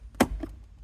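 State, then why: Not seated. A plastic center console armrest lid in a Subaru WRX is closed a second time, giving a faint tap near 0.2 s, a sharp plastic knock at about 0.2 s, and a softer knock around 0.4 s. The latch does not catch or lock, and nothing has clicked into place.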